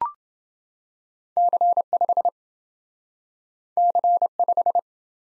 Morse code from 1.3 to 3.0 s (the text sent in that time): C5